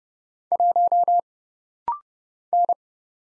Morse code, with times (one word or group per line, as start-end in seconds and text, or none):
0.5-1.2 1
2.5-2.7 N